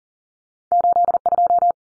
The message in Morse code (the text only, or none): 82